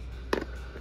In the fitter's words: all right lock your cup in your cap make sure it seats down